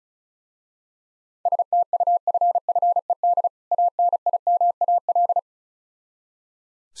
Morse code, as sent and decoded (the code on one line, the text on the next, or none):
... - ..- ..-. ..-. . -.. / .- -. .. -- .- .-..
STUFFED ANIMAL